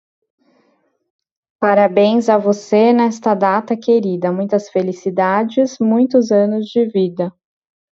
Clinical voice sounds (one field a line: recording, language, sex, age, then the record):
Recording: short text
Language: Brazilian Portuguese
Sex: female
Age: 40 to 49 years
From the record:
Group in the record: control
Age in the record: 41 years